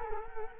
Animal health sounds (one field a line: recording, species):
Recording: mosquito wingbeat signal from an infrared sensor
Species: Culex quinquefasciatus